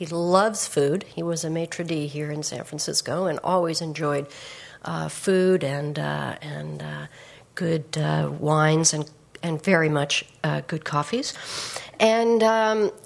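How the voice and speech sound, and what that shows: One adult speaks clearly and fluently at a relaxed pace, with a few stretched words and brief pauses, in a small room.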